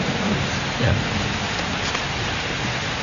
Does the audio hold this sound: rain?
yes